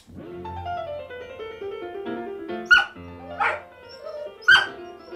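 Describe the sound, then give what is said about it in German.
A dog named Finot howls in long, wavering, pitched cries that slide slowly up and down, broken by three sharper, louder yelping bursts toward the end, reacting to a record of Mozart's Concerto for Three Pianos. “Ich habe Finot noch nie so jaulen hören.”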